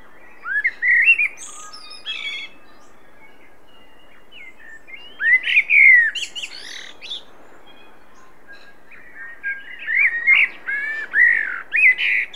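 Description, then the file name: Common blackbird song: three fluty, warbled phrases separated by pauses, each rising to thin, high squeaks, the last one longer and more varied. "Turdus merula"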